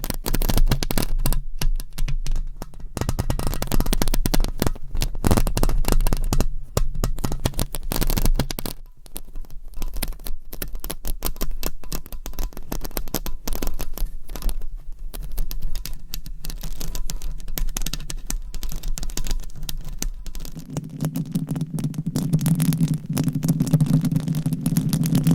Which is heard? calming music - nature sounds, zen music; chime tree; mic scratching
mic scratching